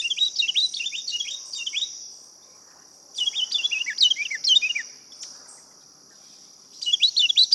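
Carolina wren song: loud rolling bursts of rapidly repeated chirpy phrases, given three times with short pauses between, over a continuous high insect drone.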